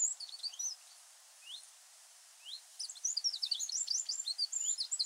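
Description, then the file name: Eurasian wren song: brief high twitter, a pause with two rising ticks, then an energetic rapid trill of sharp high notes. "Troglodytes troglodytes"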